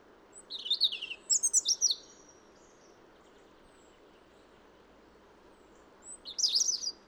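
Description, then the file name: European robin with high trickling phrases: a quick run of sharp notes near the start, then silence, then a fresh warbled phrase at the end; constant low hum underneath. "Erithacus rubecula"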